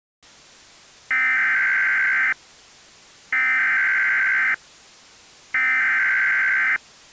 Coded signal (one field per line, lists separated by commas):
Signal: Emergency Alert System (SAME) tones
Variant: header bursts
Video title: EAS Mock Monday S1 Ep6: Huge SVR